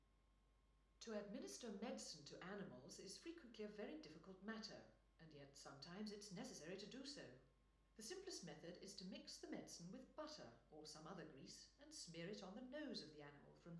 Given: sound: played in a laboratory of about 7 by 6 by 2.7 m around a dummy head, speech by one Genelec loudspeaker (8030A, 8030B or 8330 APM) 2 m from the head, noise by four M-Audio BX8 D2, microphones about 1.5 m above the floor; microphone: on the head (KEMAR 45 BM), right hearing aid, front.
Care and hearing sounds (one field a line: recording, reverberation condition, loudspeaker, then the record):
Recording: female speech in English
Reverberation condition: medium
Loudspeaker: 90 degrees to the right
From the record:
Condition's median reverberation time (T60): about 510 ms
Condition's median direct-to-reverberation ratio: about -0.5 dB